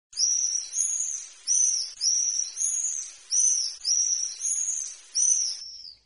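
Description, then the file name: Common swift screaming in nine shrill, buzzy bursts, each about half a second long, coming in a steady series. "mauersegler"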